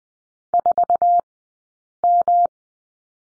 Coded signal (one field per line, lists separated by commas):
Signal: Morse code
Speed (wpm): 20 wpm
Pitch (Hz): 700 Hz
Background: none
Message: 4M